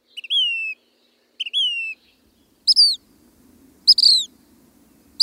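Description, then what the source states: Say's Phoebe calls: two plaintive downslurred whistles about a second apart, followed by sharper, higher notes. North American flycatcher ranging as far north as the Arctic Circle, sharing the American West with the Black Phoebe; voice described as a plaintive refrain.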